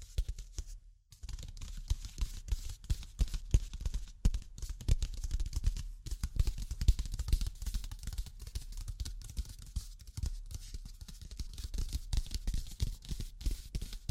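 Close, dense tapping and scratching runs through the whole stretch, a rapid irregular patter of small knocks with a heavy low thump under many of them. A near-silent break falls around one second, with another brief pause near six seconds. Otherwise the busy texture never lets up.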